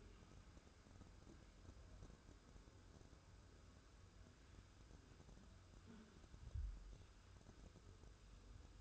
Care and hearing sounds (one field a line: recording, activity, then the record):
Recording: daily activity, microphone in the room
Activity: wipe stove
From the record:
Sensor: 2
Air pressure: 1015.0 hPa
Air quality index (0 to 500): 70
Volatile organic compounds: 1 ppm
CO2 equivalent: 868 ppm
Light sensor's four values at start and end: 13/35/14/15 and 13/35/14/15